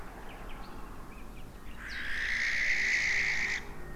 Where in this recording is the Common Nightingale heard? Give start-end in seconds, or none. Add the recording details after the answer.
0.28-0.70, 1.09-2.30. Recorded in France